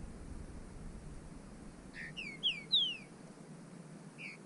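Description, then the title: Bird song: a short phrase of a few whistled falling notes, then another note starting at the end, over steady background hiss. "burung"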